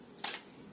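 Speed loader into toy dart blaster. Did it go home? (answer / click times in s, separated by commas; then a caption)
yes / 0.2 s. A plastic speed loader is pushed all the way down into a Dart Zone Pro MK2 foam-dart toy blaster. A soft rustle of it sliding in leads to a sharp plastic click at 0.2 s as the loader locks into place.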